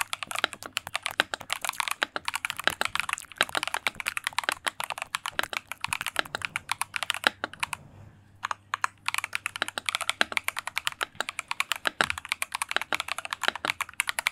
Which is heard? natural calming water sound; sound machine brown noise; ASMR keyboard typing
ASMR keyboard typing